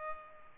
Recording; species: mosquito wingbeat signal from an infrared sensor; Culex pipiens